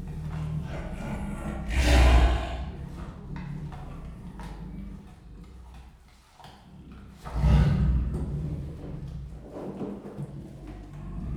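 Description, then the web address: Siberian tiger producing two deep, breathy roaring huffs roughly five and a half seconds apart, with a low continuous rumble between them. Captive female tiger recorded at the zoo in Miskolc, Hungary, in 2018. "sziberiai tigris amasiknostenyhangjaismegjon miskolczoo"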